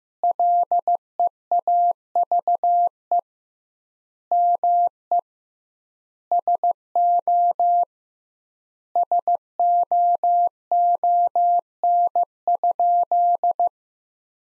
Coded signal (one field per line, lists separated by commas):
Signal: Morse code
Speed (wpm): 15 wpm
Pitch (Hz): 700 Hz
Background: none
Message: LEAVE ME SO SOON?